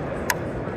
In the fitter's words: the click and you could also see that clicks in place so it basically means it is really impossible to